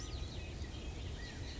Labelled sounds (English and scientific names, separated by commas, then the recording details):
California Quail (Callipepla californica)
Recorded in Sonoma County, California